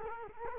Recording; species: mosquito wingbeat signal from an infrared sensor; Culex quinquefasciatus